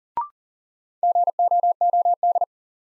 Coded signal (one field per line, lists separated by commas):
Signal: Morse code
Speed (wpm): 40 wpm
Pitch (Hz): 700 Hz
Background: none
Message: GOOD